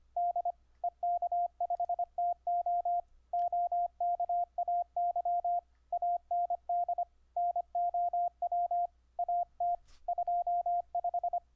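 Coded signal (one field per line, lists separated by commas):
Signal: Morse code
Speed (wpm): 24 wpm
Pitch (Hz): 700 Hz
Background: radio noise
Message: DE K5TO OKAY AND NOW AT 25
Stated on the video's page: Morse audio tones sent over the internet through a software keyer on Ubuntu, keyed with iambic paddle, straight key, or bug emulation via clip leads.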